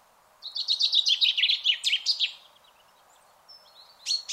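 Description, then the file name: Common chaffinch song: a fast series of bright notes tumbling downward in pitch, followed by a brief sharp call near the end. "Fringilla coelebs"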